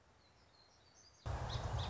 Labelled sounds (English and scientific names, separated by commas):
Song Sparrow (Melospiza melodia)